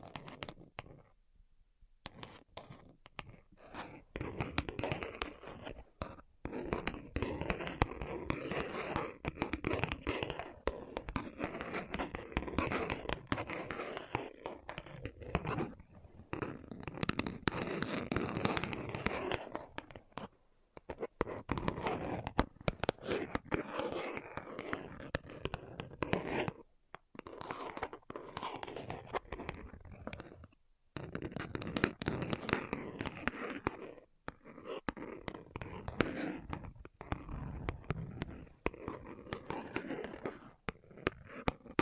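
Quick, dense tapping runs in bursts through the whole recording, a crisp clatter of fingertips with some scratchy, crackling textures mixed in. Short pauses break it up near 2, 6, 16, 20, 27 and 31 seconds before each new pattern starts.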